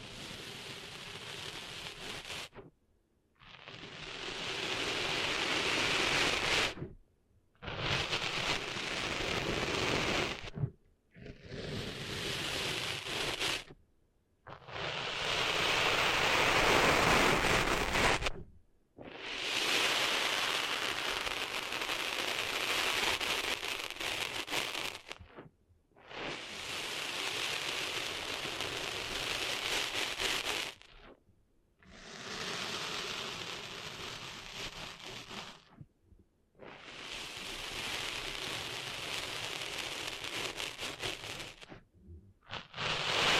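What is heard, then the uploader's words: Cleaning sand out of ears: bursts of dense, gritty rustling and hiss, each lasting three to five seconds, are broken by short silent gaps about ten times. Within each burst the scratchy, bright sound stays fairly even, with no other sounds behind it. ASMR Cleaning Sand Out of Your Ears (No Talking).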